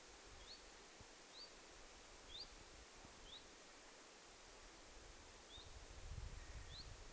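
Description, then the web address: Common chiffchaff calling, six thin rising whistles in irregular spacing, with low rustling noise toward the end. Two chiffchaffs giving 'hyit' calls, 21 August 2026. "paivat 21 8 2026 kaksi tiltalttilintua hyit-tiltaltteja"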